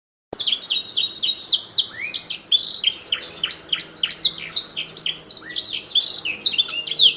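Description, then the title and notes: Canary song begins after a brief silence, then pours out fast high chirps, trills and slurred notes without a break. Master song of a caged canary, used for training cage birds and to excite other birds into singing. "PANCINGAN SUARA MASTERAN KENARI BIKIN BURUNG MAKIN MENGGILA. masteran kicau kenari"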